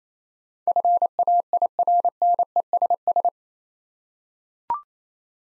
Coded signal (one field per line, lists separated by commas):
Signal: Morse code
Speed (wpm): 28 wpm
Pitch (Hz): 700 Hz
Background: none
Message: FAIRNESS